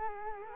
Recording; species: mosquito wingbeat signal from an infrared sensor; Culex quinquefasciatus